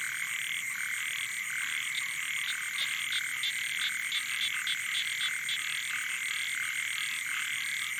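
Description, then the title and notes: Frogs and toads: night frog chorus of overlapping pulsed croaks, one sharp click in the first half, with a constant high buzzing layer. Wild night chorus on the shore of Boeng Thum lake, Cambodia, around 23:00 on 12 December 2018, as human noise fades. "Soirée aux batraciens - Cambodge. 12 décembre 2018 Sur le bord du lac "Boeng Thum" vers 23h00 au moment ou le silence des hommes laisse place au monde sauvage"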